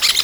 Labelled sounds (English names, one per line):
Brown-throated Parakeet contact call